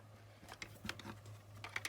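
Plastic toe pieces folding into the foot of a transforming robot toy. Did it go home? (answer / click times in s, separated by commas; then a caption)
no / none. Plastic toe pieces on the foot of a WFC Earthrise Titan-class Decepticon Scorponok transforming robot toy are handled and folded up, giving a series of light, sharp plastic taps and ticks over a low steady hum. The toes have not clicked into their locked position yet.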